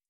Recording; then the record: hydrophone in a shrimp aquaculture tank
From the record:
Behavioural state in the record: starved